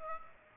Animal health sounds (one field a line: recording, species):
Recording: mosquito wingbeat signal from an infrared sensor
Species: Aedes aegypti